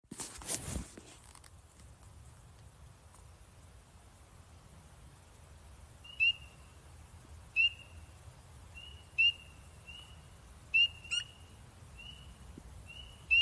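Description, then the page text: Spring peeper: after about six seconds of near quiet, spring peeper peeps begin: short, high, upslurred whistles every one to two seconds, with fainter calls between; a brief rustle at the very start. Maryland. "Maryland Biodiversity. Spring Peeper ( Pseudacris crucifer )"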